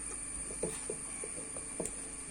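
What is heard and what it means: A new air filter element is placed in a motorcycle air box and the cover fitting is pressed down until it locks in. Soft plastic knocks and taps sound over a steady background hiss, then a short, sharp click at 1.9 s marks the cover seating.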